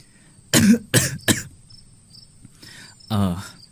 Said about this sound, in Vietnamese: Mà má ho quá vậy, má uống thuốc chưa?